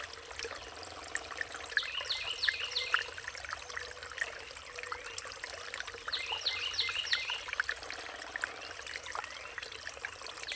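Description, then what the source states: Songbirds delivering two rapid trilled phrases about four seconds apart, against a continuous backdrop of running water. Riparian zone.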